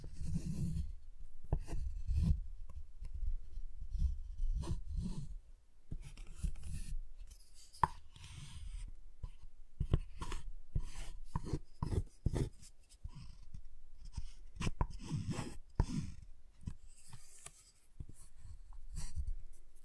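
Cutting and snapping at a giant chocolate bar, with steady low scraping and rubbing strokes through the first five seconds. After that come dense, irregular taps and sharp snaps, some bright and crisp, clustered around ten to sixteen seconds, with brief quiet gaps between bursts.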